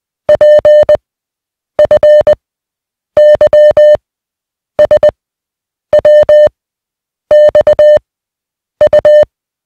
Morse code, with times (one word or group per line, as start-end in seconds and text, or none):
0.3-1.0 P
1.8-2.3 F
3.2-4.0 Y
4.8-5.1 S
5.9-6.5 W
7.3-8.0 X
8.8-9.2 U